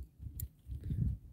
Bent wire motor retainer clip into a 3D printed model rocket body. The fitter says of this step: I don't know if you heard it click I